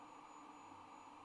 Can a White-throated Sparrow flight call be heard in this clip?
no